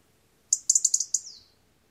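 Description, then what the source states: European robin ticking call: several sharp, very high clicks in an uneven quick rattle, ending in a short descending tail, otherwise quiet. Ticking rattle: single ticks serve as contact calls between robins; denser, more intense rattle expresses worry when the bird is uneasy and alert; likened to a Geiger counter or castanets.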